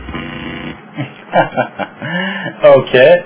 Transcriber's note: laughing